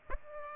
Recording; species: mosquito wingbeat signal from an infrared sensor; Aedes aegypti